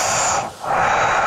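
Harsh, noisy nasal snorting breaths with a brief pause between them, heard as loud snoring from an adult during sleep, coming entirely through the nose with the mouth shut.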